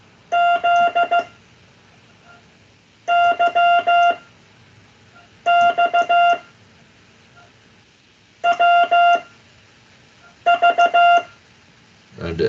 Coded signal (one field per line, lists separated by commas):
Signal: Morse code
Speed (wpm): 15 wpm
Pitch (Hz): 700 Hz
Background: speech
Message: Z Y X W V